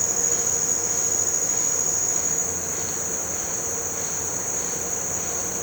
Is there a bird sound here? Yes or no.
no